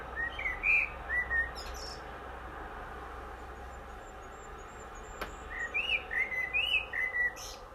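Bird song: clear whistled phrases over a steady noisy background, one group at the start and another in the final three seconds, with faint high chirps.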